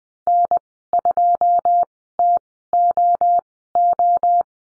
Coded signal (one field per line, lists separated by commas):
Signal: Morse code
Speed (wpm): 20 wpm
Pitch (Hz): 700 Hz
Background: none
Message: N2TOO